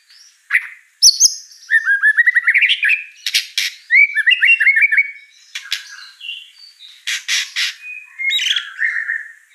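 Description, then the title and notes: White-rumped shama song: bright, varied phrases with rapid rising trills, sharp chipping notes and brief buzzy bursts, separated by short pauses. Lure song: vigorous singing with a rich repertoire of inserted mimicry phrases. "Pancingan Gacor Murai Batu Bongkar Isian Mewah. Murai Batu Dongfeng"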